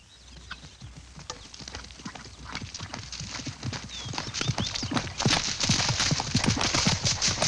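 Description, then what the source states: Horse gallop growing louder, quick thudding hoofbeats with increasingly loud crackling and swishing of leaves in the final seconds. Galloping through leaves.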